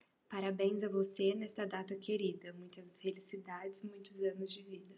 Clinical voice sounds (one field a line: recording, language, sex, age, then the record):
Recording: short text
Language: Brazilian Portuguese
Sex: female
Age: 20 to 29 years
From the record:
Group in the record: control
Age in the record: 20 years